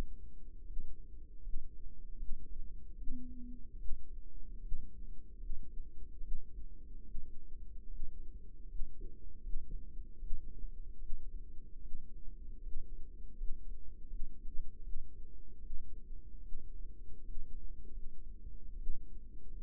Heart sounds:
heart sounds by microphone in the right ear; 76 bpm
0.63 s: heartbeat
1.39 s: heartbeat
2.15 s: heartbeat
2.94 s: heartbeat
3.76 s: heartbeat
4.58 s: heartbeat
5.36 s: heartbeat
6.19 s: heartbeat
7.02 s: heartbeat
7.86 s: heartbeat
8.65 s: heartbeat
9.39 s: heartbeat
10.17 s: heartbeat
10.97 s: heartbeat
11.78 s: heartbeat
12.59 s: heartbeat
13.34 s: heartbeat
14.06 s: heartbeat
14.80 s: heartbeat
15.58 s: heartbeat
16.39 s: heartbeat
17.21 s: heartbeat
17.88 s: heartbeat
18.74 s: heartbeat
19.51 s: heartbeat
From the record:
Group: healthy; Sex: female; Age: 22 years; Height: 171 cm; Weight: 65.6 kg

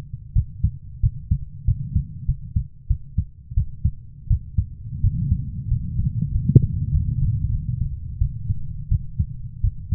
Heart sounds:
heart sounds by stethoscope; 91 bpm
0.33 s: heartbeat
1.01 s: heartbeat
1.65 s: heartbeat
2.26 s: heartbeat
2.87 s: heartbeat
3.54 s: heartbeat
4.28 s: heartbeat
5.01 s: heartbeat
5.68 s: heartbeat
6.32 s: heartbeat
6.92 s: heartbeat
7.51 s: heartbeat
8.18 s: heartbeat
8.89 s: heartbeat
9.61 s: heartbeat
From the record:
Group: healthy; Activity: rest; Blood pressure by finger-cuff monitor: 124/77 mmHg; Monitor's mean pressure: 94 mmHg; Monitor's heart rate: 91 bpm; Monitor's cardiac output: 7.3 L/min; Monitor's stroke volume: 81 mL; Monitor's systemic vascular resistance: 950 dyn s/cm5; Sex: female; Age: 24 years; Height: 163 cm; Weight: 55.7 kg

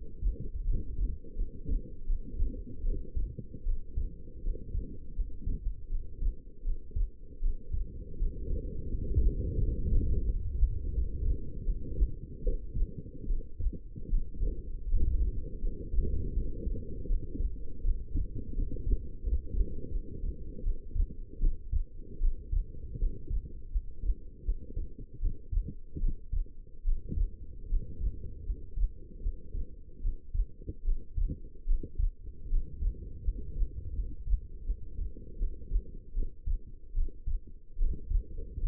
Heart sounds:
heart sounds by stethoscope; 79 bpm
0.65 s: heartbeat
1.35 s: heartbeat
2.06 s: heartbeat
2.84 s: heartbeat
3.65 s: heartbeat
4.42 s: heartbeat
5.15 s: heartbeat
5.89 s: heartbeat
6.63 s: heartbeat
7.41 s: heartbeat
8.18 s: heartbeat
8.89 s: heartbeat
9.58 s: heartbeat
10.26 s: heartbeat
10.93 s: heartbeat
11.65 s: heartbeat
12.43 s: heartbeat
13.27 s: heartbeat
14.09 s: heartbeat
14.89 s: heartbeat
15.60 s: heartbeat
16.34 s: heartbeat
17.07 s: heartbeat
17.83 s: heartbeat
18.55 s: heartbeat
19.22 s: heartbeat
19.91 s: heartbeat
20.63 s: heartbeat
21.40 s: heartbeat
22.20 s: heartbeat
22.98 s: heartbeat
23.71 s: heartbeat
24.44 s: heartbeat
25.19 s: heartbeat
26.00 s: heartbeat
26.84 s: heartbeat
27.68 s: heartbeat
28.45 s: heartbeat
29.21 s: heartbeat
30.01 s: heartbeat
30.84 s: heartbeat
31.66 s: heartbeat
32.49 s: heartbeat
33.23 s: heartbeat
33.95 s: heartbeat
34.65 s: heartbeat
35.37 s: heartbeat
36.13 s: heartbeat
36.94 s: heartbeat
37.77 s: heartbeat
38.59 s: heartbeat
From the record:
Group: healthy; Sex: female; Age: 19 years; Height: 163 cm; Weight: 51 kg

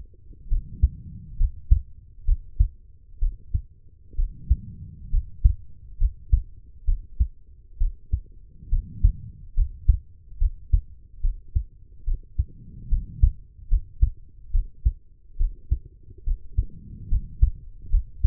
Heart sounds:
heart sounds by stethoscope; 69 bpm
0.48 s: heartbeat
1.37 s: heartbeat
2.25 s: heartbeat
3.19 s: heartbeat
4.15 s: heartbeat
5.10 s: heartbeat
5.98 s: heartbeat
6.84 s: heartbeat
7.77 s: heartbeat
8.69 s: heartbeat
9.54 s: heartbeat
10.38 s: heartbeat
11.21 s: heartbeat
12.04 s: heartbeat
12.88 s: heartbeat
13.68 s: heartbeat
14.51 s: heartbeat
15.37 s: heartbeat
16.24 s: heartbeat
17.08 s: heartbeat
17.90 s: heartbeat
From the record:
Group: healthy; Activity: rest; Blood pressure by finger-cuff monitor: 112/75 mmHg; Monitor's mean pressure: 86 mmHg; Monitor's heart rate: 70 bpm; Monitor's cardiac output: 5.1 L/min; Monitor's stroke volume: 74 mL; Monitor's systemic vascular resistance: 1190 dyn s/cm5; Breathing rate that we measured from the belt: 15 breaths a minute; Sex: female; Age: 23 years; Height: 160 cm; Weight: 50.4 kg

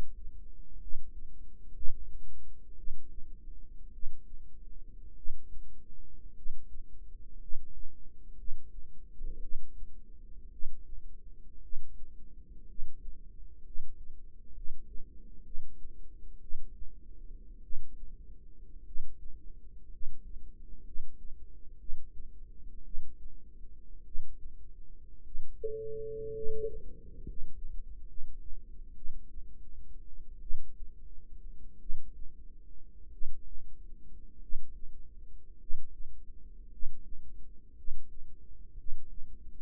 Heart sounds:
heart sounds by microphone in the right ear; 55 bpm
0.77 s: heartbeat
1.71 s: heartbeat
2.74 s: heartbeat
3.90 s: heartbeat
5.13 s: heartbeat
6.32 s: heartbeat
7.37 s: heartbeat
8.34 s: heartbeat
9.38 s: heartbeat
10.49 s: heartbeat
11.59 s: heartbeat
12.65 s: heartbeat
13.61 s: heartbeat
14.52 s: heartbeat
15.41 s: heartbeat
16.38 s: heartbeat
17.60 s: heartbeat
18.82 s: heartbeat
19.88 s: heartbeat
20.82 s: heartbeat
21.76 s: heartbeat
22.82 s: heartbeat
24.02 s: heartbeat
25.21 s: heartbeat
26.31 s: heartbeat
27.22 s: heartbeat
28.05 s: heartbeat
28.94 s: heartbeat
30.39 s: heartbeat
31.78 s: heartbeat
33.09 s: heartbeat
34.38 s: heartbeat
35.56 s: heartbeat
36.68 s: heartbeat
37.73 s: heartbeat
38.74 s: heartbeat
From the record:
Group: healthy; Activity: rest 0-36 s, Valsalva maneuver 36-40 s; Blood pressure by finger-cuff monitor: 143/61 mmHg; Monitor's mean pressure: 87 mmHg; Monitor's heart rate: 54 bpm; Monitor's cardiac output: 6.4 L/min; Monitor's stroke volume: 115 mL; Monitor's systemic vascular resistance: 970 dyn s/cm5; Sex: male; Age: 25 years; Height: 170 cm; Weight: 70.4 kg

